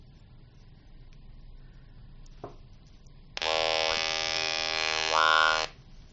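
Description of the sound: A speech-language therapist speaks briefly, then after a pause comes a steady, harmonic electrolarynx buzz with the device held below the ear. This poor placement makes the spoken word ('konnichiwa') far less clear and hard to make out; only the final syllables can be guessed.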